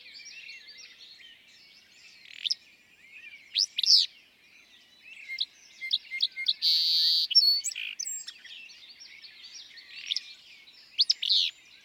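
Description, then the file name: Willow flycatcher: sharp, buzzy phrases repeated several times among a dense chorus of chirping birds, with one harsh, longer buzzy burst in the middle. "Willow Flycatcher"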